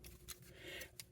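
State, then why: Seated. A plastic chest plate is pushed down into the torso of a transforming robot action figure. A few faint plastic taps come first, then a sharp plastic click at 1.0 s as the plate locks into place.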